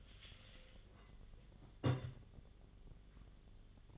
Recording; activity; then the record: daily activity, microphone in the room; take from stove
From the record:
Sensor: 4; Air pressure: 1010.8 hPa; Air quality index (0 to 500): 168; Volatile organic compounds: 5 ppm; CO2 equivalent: 1706 ppm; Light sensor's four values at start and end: 40/114/46/47 and 40/113/45/46